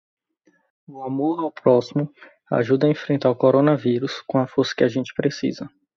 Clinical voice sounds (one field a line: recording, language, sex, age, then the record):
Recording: spoken sentence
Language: Brazilian Portuguese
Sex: male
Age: 20 to 29 years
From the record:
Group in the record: control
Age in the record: 29 years